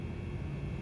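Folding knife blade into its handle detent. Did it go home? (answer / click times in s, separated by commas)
no / none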